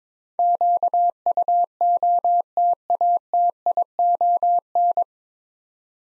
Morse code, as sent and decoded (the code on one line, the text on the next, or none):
--.- ..- --- - .- - .. --- -.
QUOTATION